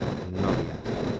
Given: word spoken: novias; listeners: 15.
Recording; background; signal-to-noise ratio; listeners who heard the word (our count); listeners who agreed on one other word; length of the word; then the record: one Spanish word in noise, from a listening test; noise modulated by three-talker babble; -3.7 dB; 0 of 15; 12 of 15; 0.80 s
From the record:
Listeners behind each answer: 12, 2, 1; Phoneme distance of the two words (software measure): 7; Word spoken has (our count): 2 syllables, 6 phonemes, stress on syllable 1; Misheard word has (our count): 2 syllables, 5 phonemes, stress on syllable 1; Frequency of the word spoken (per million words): 2.72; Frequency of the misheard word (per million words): 25.93